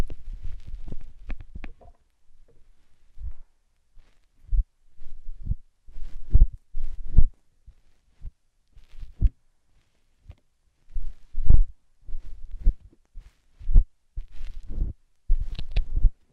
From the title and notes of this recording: ASMR Satisfying Slime Sand Triggers for Sleep (No Talking).